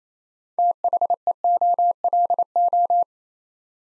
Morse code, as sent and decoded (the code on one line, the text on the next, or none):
- .... . --- .-.. ---
THEOLO